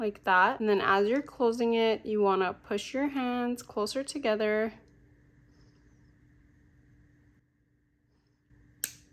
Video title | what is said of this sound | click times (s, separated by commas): DIY Adjustable Bracelet with Rubber Stopper Slider Clasp, Customizable | and hear that click | 8.8 s